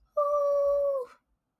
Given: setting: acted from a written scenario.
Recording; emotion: vocal sound without words; distress